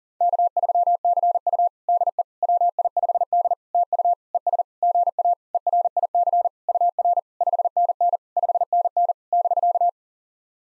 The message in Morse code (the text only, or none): K3CU DE WI5D TU ES GA ERIC UR 5NN 5NN <BK>